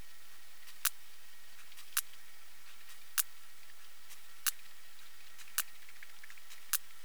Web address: cibra P macrocephalus clicks